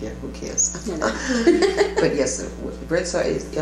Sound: laughter

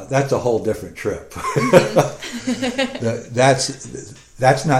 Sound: laughing

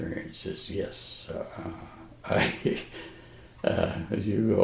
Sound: laughs

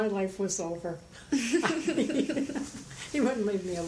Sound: laughter

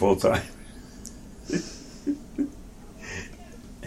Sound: laughter

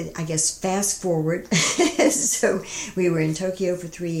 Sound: laughter

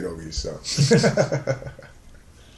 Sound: laughter

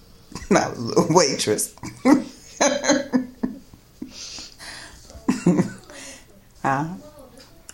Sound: laughs

